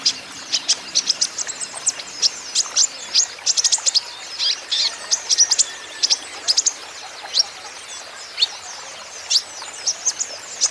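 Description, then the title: Van Hasselt's sunbird song, a long stream of piercing high tweets and short slurred notes, delivered in quick irregular groups throughout. Green-plumaged (ijoan) bird singing actively (gacor); song used as a lure and therapy to prompt caged Van Hasselt's sunbirds to sing in reply. "KOLIBRI NINJA KONIN IJOAN GACOR COCOK UNTUK PANCINGAN TERAPI KONIN BAHAN PASTI NYAUT"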